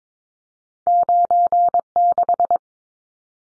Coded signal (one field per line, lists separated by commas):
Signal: Morse code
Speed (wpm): 22 wpm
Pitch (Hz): 700 Hz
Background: none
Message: 96